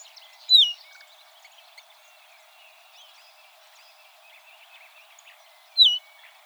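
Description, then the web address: Tropeiro seedeater: two loud, sharply descending whistled notes about five seconds apart. "sound Tropeiro-seedeater. صدای-پرنده-دانه-خوار-تروپیرو"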